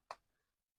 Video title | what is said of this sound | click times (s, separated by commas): Fanhome fast & furious dodge charger issue 69//70#fanhome#modelbuilding#fastandfurious#dodge#charger | You can hear that click. | 0.1 s